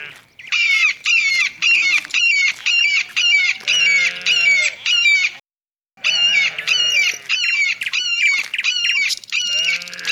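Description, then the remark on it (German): An eagle up above screeches over and over in a fast, steady series of shrill, high-pitched cries, breaking off briefly midway before the loud calling resumes. “Warum schreit der Adler so?”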